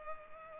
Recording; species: mosquito wingbeat signal from an infrared sensor; Culex pipiens